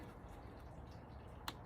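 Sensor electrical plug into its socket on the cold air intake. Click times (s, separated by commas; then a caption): 1.5 s. A keyed plastic electrical plug for a sensor, with a tab on one side, is pushed into its socket on the bottom of an S&B cold air intake on a 2013-2018 6.7 Cummins. Against a steady low background, one sharp click at 1.5 s marks the plug latching. The connector is seated.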